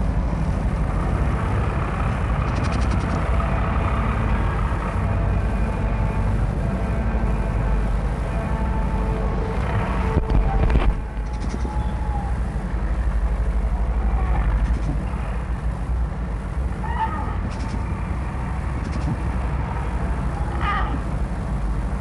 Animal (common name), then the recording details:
Snow Leopard. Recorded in captivity. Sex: female. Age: adult. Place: Tierpark Berlin, Berlin, DE. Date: 1963-07-15 20:30. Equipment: Minifon, Kopie BG 26/1. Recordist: Tembrock, Günter. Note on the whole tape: Weibchen, Außengehege: bei 1. Rufreihe eingeschaltet, vom Haus aufgenommen; weitere Aufnahmen von außen: Rufen, Prusten, Knurren (als Beobachter am Gitter), Kopf am Gitter streichend, wieder Prusten. Abstand 12-2 m